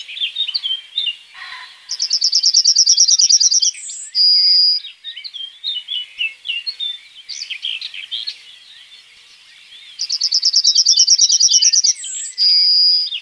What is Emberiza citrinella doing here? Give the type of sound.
song